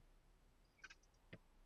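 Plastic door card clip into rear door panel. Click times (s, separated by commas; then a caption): 0.8 s, 0.9 s, 1.3 s. A plastic door card clip is pushed into the rear door panel of an 80 series Land Cruiser during a check strap replacement. Short sharp clicks are heard at 0.8 s, 0.9 s and 1.3 s, the last one strongest with low-frequency weight, as the trim piece snaps home and is seated.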